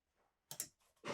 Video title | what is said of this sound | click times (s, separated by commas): 2026 Newmar Canyon Star Operational Overview | So there you're locked. | 0.5 s, 0.6 s